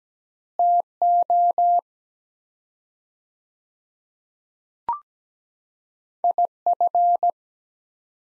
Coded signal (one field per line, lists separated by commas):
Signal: Morse code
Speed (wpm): 17 wpm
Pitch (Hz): 700 Hz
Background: none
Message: TO IF